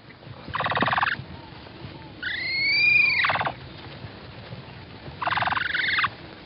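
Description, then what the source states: Capybara vocalizations: two buzzy pulsed bursts, each under a second, flanking a long rising-and-falling whistled squeal with harmonics lasting over a second. Played back in a quiz as an example of a capybara's sound.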